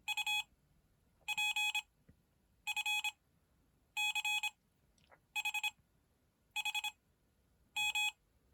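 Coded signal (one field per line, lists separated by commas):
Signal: Morse code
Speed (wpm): 26 wpm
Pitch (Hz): 2500 Hz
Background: none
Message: U P F C H H M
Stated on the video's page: Morse practice groups generated by a modified Datong D70 Morse tutor, altered to give random word lengths instead of the default five-character groups.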